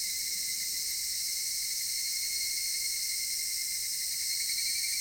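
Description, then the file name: Cicada chorus, a constant shrill buzzing wall of sound with a clear high tone running beneath, swelling slightly near the end. Cicadas recorded in Japan. "Cigales nippon"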